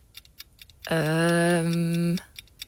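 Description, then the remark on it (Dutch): A quiz timer for a rapid-fire question round on an NPO Radio 1 programme ticks in quick, even beats, interrupted by a loud, steady buzzer tone lasting over a second, after which the faint ticking carries on. No one speaks. “Alright, dan start de timer.”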